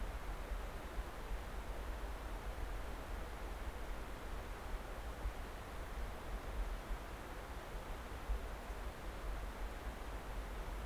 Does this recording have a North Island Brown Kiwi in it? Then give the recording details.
no. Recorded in New Zealand on 10 December 2013. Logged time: 02:28. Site DE65